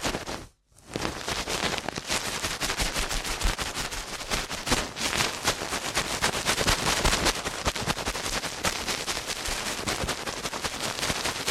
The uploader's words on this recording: ASMR Ear Cleaning at Helicopter Speed.